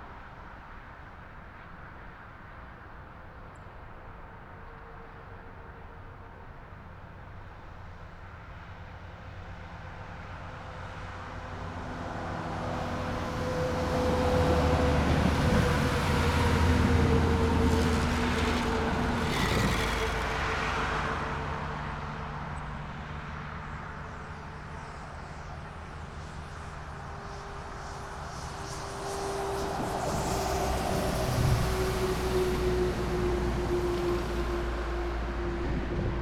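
A motorway at night hums steadily, with vehicles swelling past around fifteen seconds and again near thirty, their engines droning low before fading.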